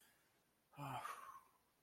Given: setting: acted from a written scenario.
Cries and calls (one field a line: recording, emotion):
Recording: vocal sound without words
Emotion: distress